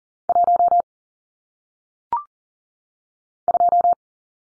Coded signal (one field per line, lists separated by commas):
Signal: Morse code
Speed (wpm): 42 wpm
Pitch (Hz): 700 Hz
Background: none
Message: 1 2